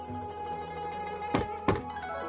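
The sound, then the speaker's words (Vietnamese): Two sharp knocks on a door, a brief pause between them, over a steady, humming musical background that continues throughout; someone knocking at Lăng Phong's door. “Có tiếng gõ cửa, Lăng Phong uể oải mở mắt hàm hồ nói: "Ai đây?”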